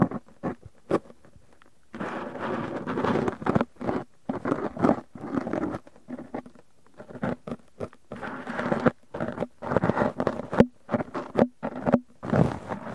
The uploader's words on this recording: ASMR No Talking Extreme Cotton and Tweezers Tingles!